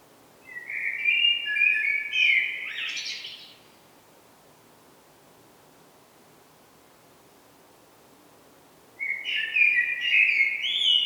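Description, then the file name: Common blackbird song: a fluty warbling phrase with a scratchy high ending, then a pause of about five and a half seconds before a second warbled phrase begins. "Turdus merula"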